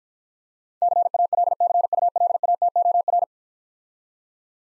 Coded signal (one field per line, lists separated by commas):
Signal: Morse code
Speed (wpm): 49 wpm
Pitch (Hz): 700 Hz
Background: none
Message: CALCULATOR